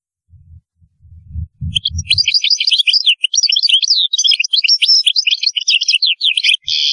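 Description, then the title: European goldfinch song, a long unbroken stream of rapid, tinkling twitters and buzzy notes, with some low thumping sounds near the start. "Chant Chardonneret"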